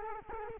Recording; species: mosquito wingbeat signal from an infrared sensor; Culex quinquefasciatus